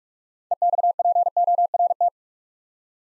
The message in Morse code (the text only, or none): EXPORT